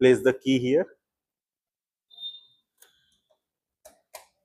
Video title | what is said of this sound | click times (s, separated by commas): Acer TCMax EV Bike -- Walkaround and Overview #evindia #india #electric | and you can hear that click noise, and take out the keys here. | 3.9 s, 4.1 s